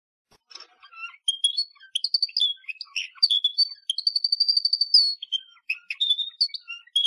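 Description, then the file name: Canary song opening after a brief silence: scattered sweet whistles and chirps, then a rapid level trill and more varied notes. "Canary Voice"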